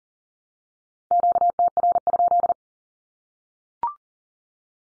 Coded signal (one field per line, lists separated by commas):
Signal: Morse code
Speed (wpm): 40 wpm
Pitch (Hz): 700 Hz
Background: none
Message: QTR?